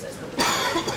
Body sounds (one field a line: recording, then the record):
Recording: coughing mixed with background sound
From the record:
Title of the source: Dry Coughing Fit in the Afternoon.